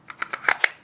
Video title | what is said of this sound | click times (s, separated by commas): Glock Gen4 G26 review and discussion | Locks into place, makes it adaptable. | 0.5 s, 0.6 s